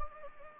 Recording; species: mosquito wingbeat signal from an infrared sensor; Anopheles gambiae